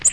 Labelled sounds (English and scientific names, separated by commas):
Nashville Warbler (Leiothlypis ruficapilla) flight call